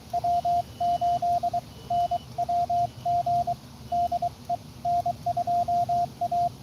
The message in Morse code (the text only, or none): W8NWG DE N2A